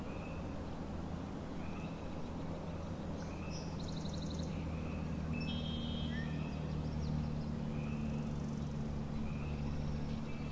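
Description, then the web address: Frogs giving short trilled calls in an uneven chorus, while birds add sharp high chirps and whistles midway, all over a low droning hum. Frog chorus at Grafton Lake, recorded 3 May 2009. "The Frog Chorus Tunes Up On Grafton Lake"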